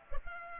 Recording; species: mosquito wingbeat signal from an infrared sensor; Culex pipiens